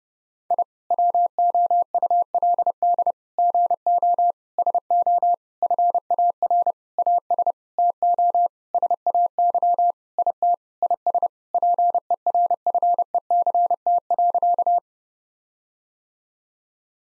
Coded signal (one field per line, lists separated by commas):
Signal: Morse code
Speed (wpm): 30 wpm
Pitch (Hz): 700 Hz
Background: none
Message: I WOULD GO SO FAR AS TO SAY IT IS PERFECT.